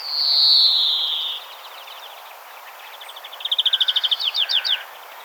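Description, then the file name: European greenfinch opening with a loud, long descending wheeze, then a pause before a rapid, even trill and a few quick upslurred twitters. "Chloris chloris"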